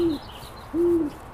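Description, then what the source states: Great Horned Owl hooting: two deep, steady hoots, the first short and the second longer, over a soft background hiss. Female calling; her throat bib puffs out when she calls. In a local park near Boulder, home to a family of great horned owls.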